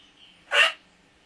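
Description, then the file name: Duck giving a single short, harsh, rasping call in a quiet background. "Anas"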